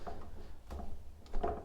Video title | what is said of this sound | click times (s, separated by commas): Hychika Brushless Hammer Drill Tutorial Model HDB18F | And you can hear how it kind of is clicking into place. | 0.1 s, 0.7 s, 1.3 s, 1.4 s